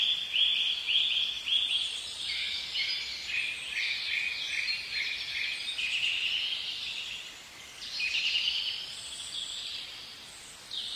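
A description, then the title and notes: Spring birds sing early in the outer suburbs, a dense, overlapping chorus of bright chirps and trills that runs without pause. Several birds call at once, with thin high notes above and a brief lull near eight seconds. The spring birds in the outer suburbs sing early.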